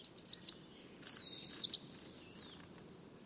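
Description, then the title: Red Warbler song: a fast, high, sweet run of chirping notes and slurred trills for nearly two seconds, then fading, with faint softer notes later. Sings only on sunny mornings during the nesting season, February to May, not when cloudy; endemic to the Mexican highlands; lives in humid pine, oak and fir forests. "Reinita Roja: La monarca escarlata de México"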